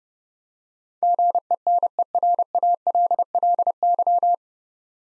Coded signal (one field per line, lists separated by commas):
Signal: Morse code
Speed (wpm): 29 wpm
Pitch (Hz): 700 Hz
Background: none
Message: GENERALLY